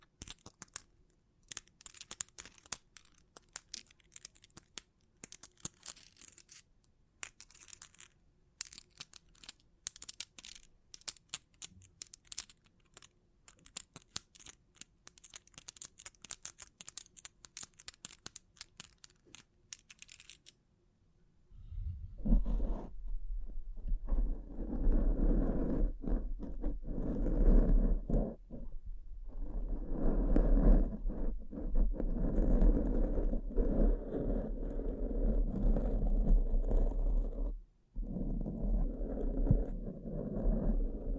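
Bling bling triggers: for the first twenty seconds, quick, light clicks and taps come in irregular bursts, crisp and bright. Around the 21-second mark a much louder, dense rustling and crinkling takes over with a low rumble underneath, pausing briefly near 38 seconds.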